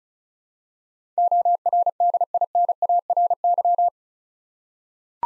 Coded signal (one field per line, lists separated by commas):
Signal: Morse code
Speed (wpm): 36 wpm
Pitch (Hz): 700 Hz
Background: none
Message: ORDINARY